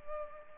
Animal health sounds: mosquito wingbeat signal from an infrared sensor; Culex pipiens

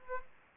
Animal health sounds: mosquito wingbeat signal from an infrared sensor; Aedes aegypti

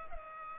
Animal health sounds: mosquito wingbeat signal from an infrared sensor; Culex pipiens

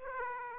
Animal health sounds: mosquito wingbeat signal from an infrared sensor; Aedes aegypti

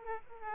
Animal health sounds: mosquito wingbeat signal from an infrared sensor; Aedes aegypti

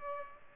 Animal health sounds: mosquito wingbeat signal from an infrared sensor; Culex pipiens

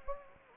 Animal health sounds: mosquito wingbeat signal from an infrared sensor; Anopheles gambiae

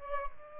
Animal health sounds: mosquito wingbeat signal from an infrared sensor; Aedes albopictus

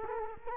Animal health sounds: mosquito wingbeat signal from an infrared sensor; Culex quinquefasciatus

